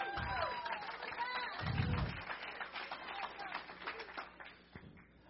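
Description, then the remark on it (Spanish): A church audience claps during a sermon in a dense, steady patter of many hands, with voices calling out over it early on. The clapping fades slightly toward the end. “I'm preaching better than what you're clapping.”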